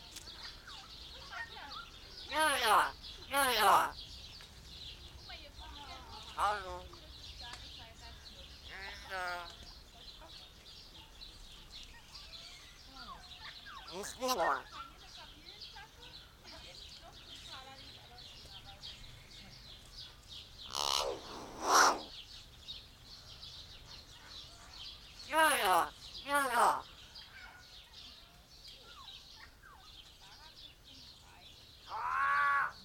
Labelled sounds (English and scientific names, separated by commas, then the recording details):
Green Peafowl (Pavo muticus)
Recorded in captivity
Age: adult
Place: Zoo Berlin, Berlin, DE
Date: 1992-06-20 12:15
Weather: wolkig-heiter, 20-24°C
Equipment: Marantz CP 430, Sennheiser ME 80, Kopie Tesla B 116
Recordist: Tembrock, Günter